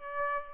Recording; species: mosquito wingbeat signal from an infrared sensor; Aedes albopictus